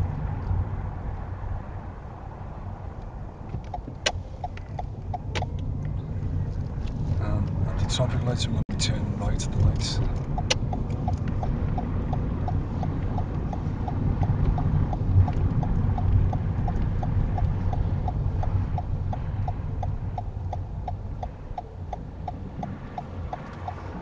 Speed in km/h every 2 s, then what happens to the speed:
5, 6, 16, 23, 26, 29, 26, 21, 15, 8, 3, 0.
0-11 speeds up to 29. 11-21 slows to 0. 21-24 standing.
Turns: none.